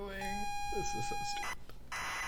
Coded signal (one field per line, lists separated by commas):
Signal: ZX Spectrum tape loading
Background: speech